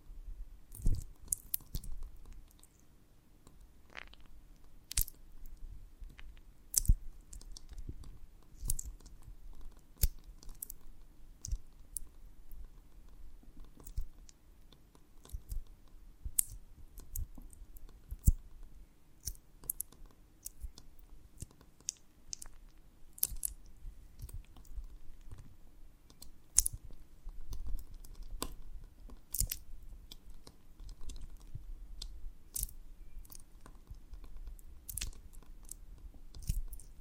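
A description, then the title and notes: Honeycomb on a branch is handled, giving sharp, sticky clicks and crackles that pop up irregularly every second or so throughout. Between the snaps there is a soft, steady low rumble, and a few louder crisp bursts stand out near 7, 10 and 18 seconds. ASMR of a Honeycomb on Branch (No Talking).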